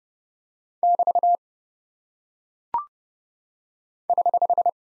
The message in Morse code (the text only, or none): <BT> <HH>